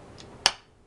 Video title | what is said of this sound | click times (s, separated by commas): Selecting a knife for my Get Home Bag, Knives (GHB) | you can hear it locks into place into that uh sheath so it's not going anywhere so uh so that's a nice knife there | 0.5 s